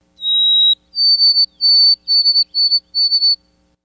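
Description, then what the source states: White-throated sparrow song: a clear, pure whistled opening note, then a series of slightly higher whistled notes, some broken into quick triplets. The species is famous for its song.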